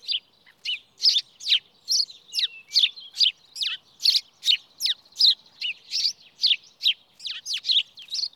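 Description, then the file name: House sparrow chirping: bright, sharp chirps repeated steadily, about two or three each second, throughout against a quiet background. "Passer domesticus"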